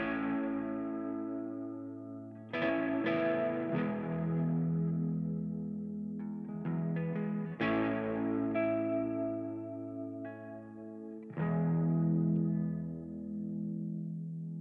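A song's instrumental opening: rich, effect-laden chords ring out and sustain, with fresh strums every few seconds over a steady low bass tone. No voice is heard yet.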